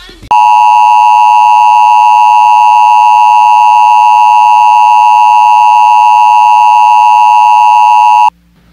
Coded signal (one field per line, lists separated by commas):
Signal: Emergency Alert System (SAME) tones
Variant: 853 and 960 Hz attention tone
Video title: Emergency Broadcast System Collection